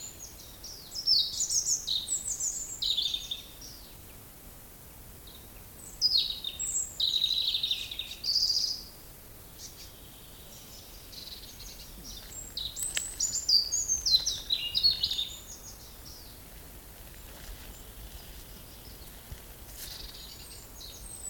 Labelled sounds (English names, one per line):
European Robin